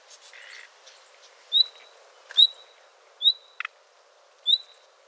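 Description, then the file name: Common nightingale with four thin high whistles spaced about a second apart, one brief rattling note, and faint soft chatter at the start. "Luscinia megarhynchos"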